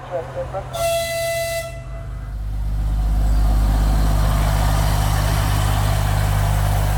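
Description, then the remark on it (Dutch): A small diesel train at Kharkiv station, just before 7 in the morning, sounds a short, bright horn toot, then its engine revs into a deep, steady low rumble that swells and holds as the train, full of passengers, pulls out toward Balaklia. “De trein tuft het station uit, richting bevrijd gebied, naar Balaklia.”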